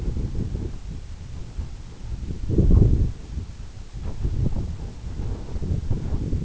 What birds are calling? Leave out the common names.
none